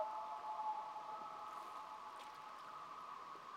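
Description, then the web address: Common loon wails, two steady sustained tones held together throughout without a break, over a light hiss. Two common loons calling together in a duet. "COMMON LOON DUET. wilderness songs"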